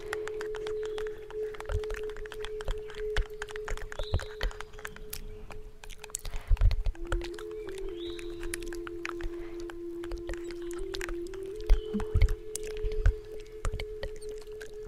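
A native flute holds one low, steady note for most of the clip, dropping slightly lower near the seven-second mark and rising back around twelve seconds. Frequent sharp clicks and crackles scatter throughout, with a few louder pops.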